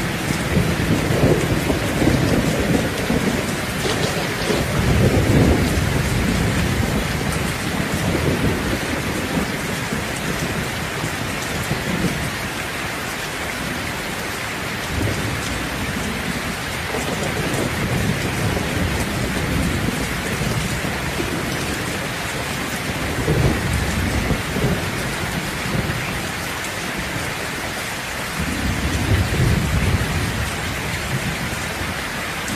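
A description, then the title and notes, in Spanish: Heavy rain pours steadily through a forest at night, a dense hiss that never lets up. Low, rolling thunder swells repeatedly beneath it, with stronger rumbles around the start, near 5, 15, 23 and 30 seconds. Sonido de fuerte tormenta y truenos en el bosque brumoso por la noche. Los sonidos de la lluvia y los truenos en un bosque brumoso por la noche.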